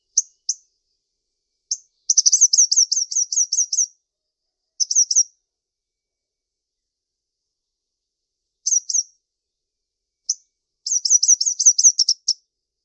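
Bird song with scattered high chirps and two long rapid trills of ringing repeated notes, separated by a long pause.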